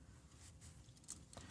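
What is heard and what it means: The plastic crotch piece of a Transformers Studio Series #112 Deluxe class Transformers One Optimus Prime action figure is handled as it is swung down toward the figure's waist. There is quiet plastic rustling, with a few small sharp ticks from about 1.1 s to 1.5 s. Nothing has seated or clicked yet.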